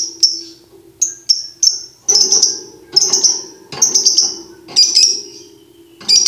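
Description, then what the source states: Lovebird chattering song: shrill chirps and longer buzzy chatter bursts in an uneven rhythm over a low background hum. Tutor recording played to birds to teach them the ngekek song style.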